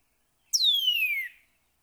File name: Northern Cardinal